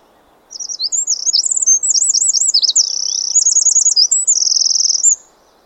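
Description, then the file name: Eurasian wren song, a vigorous burst of piercing twitters and dry rattled trills lasting nearly five seconds, beginning after a brief silence and ending sharply. "Troglodytes troglodytes"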